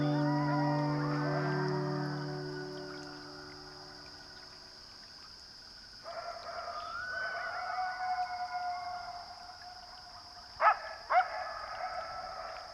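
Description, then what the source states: Coyotes howling, long wavering tones that fade out, then a new chorus of howls and two sharp yips. Coyotes in a canyon in eastern Washington State, USA; the sound changes as it passes through the canyon, giving dimensional information.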